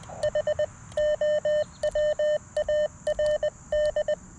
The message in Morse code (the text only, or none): HOWARD